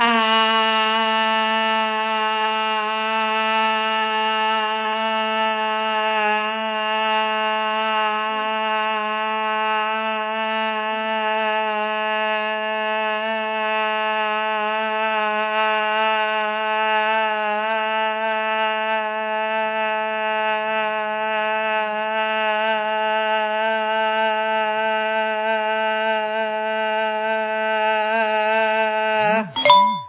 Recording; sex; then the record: sustained vowel /a/; female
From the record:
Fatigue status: no fatigue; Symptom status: asymptomatic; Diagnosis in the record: COVID-19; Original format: 3gp